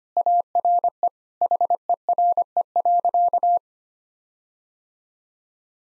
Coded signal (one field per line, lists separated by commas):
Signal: Morse code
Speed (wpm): 25 wpm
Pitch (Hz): 700 Hz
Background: none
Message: ARE HERE.